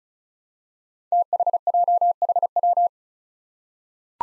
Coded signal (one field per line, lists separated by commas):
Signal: Morse code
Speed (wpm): 36 wpm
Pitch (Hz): 700 Hz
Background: none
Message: THJHW